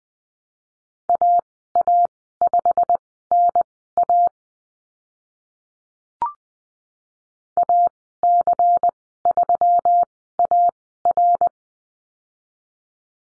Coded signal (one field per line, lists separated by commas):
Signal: Morse code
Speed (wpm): 20 wpm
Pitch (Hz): 700 Hz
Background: none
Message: AA5NA AC3AR